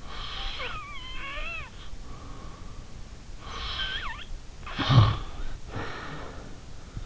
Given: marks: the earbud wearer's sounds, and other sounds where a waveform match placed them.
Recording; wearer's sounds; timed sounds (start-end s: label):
sounds in sleep by an in-ear microphone; snoring breath
0.00-2.92 s: snoring breath
3.42-6.70 s: snoring breath